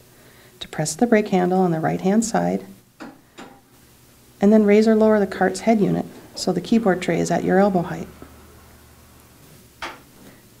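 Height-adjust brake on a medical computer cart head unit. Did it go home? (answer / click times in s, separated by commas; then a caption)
yes / 9.8 s. Someone talks about using the right-hand brake handle on a Styleview medical computer cart by Ergotron to raise or lower the head unit until the keyboard tray is at elbow height. The brake handle is then released, and the height-adjust brake engages with a sharp click at 9.8 s, locking the head unit in place.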